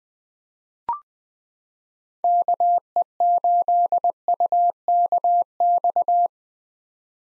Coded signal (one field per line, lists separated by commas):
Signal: Morse code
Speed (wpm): 20 wpm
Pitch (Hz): 700 Hz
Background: none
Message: KE8UKX